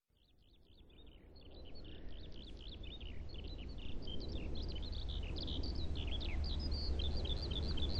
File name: skylark